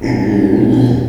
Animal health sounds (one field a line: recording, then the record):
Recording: squeal of a Yucatan mini pig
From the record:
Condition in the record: after surgery on the right vocal fold (resection and tissue-engineered implant)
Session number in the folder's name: 2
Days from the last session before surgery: 13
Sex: male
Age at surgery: 12 weeks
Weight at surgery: 13 kg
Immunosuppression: cyclosporine, prednisolone